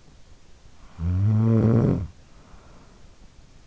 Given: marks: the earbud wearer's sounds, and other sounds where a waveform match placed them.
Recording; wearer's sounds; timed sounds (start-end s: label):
sounds in sleep by an in-ear microphone; snoring breath
0.49-3.63 s: snoring breath